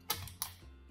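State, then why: Seated. A second DDR4 SO-DIMM memory module is inserted at an angle into the laptop-style memory slot of an Intel NUC8i7HVK "Hades Canyon" mini PC and pressed down until the metal side latches snap over it. Sharp clicks are heard at 0.1 s and 0.4 s, with a softer tick between them. The module is seated, and both memory modules are now installed.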